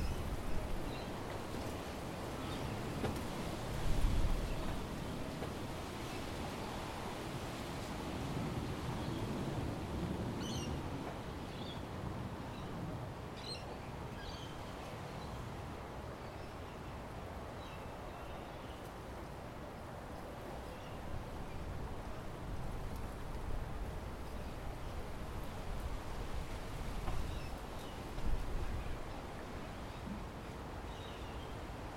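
Steady ocean surf rumbles low and constant outside the building at Tamarama Beach, with faint bird chirps around ten and thirteen seconds.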